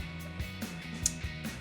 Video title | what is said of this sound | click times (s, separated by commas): 2019-2021 Silverado 1500 LED DRL Quad Projector Headlights Review & Install | You'll hear that click. | 1.1 s